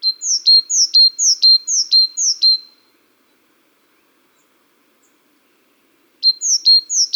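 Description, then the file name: Great tit singing six quick two-note phrases, high falling whistle then short lower note, pausing several seconds before starting again with more phrases. "Parus major"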